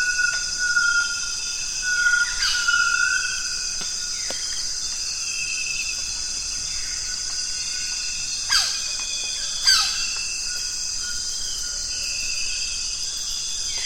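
Nightfall along the Zabalo River in Ecuador, with a dense, unbroken wall of high insect and cricket buzzing filling the whole stretch. A few bird calls break through near the start, then two sharp chirping bursts come around the eighth and tenth seconds.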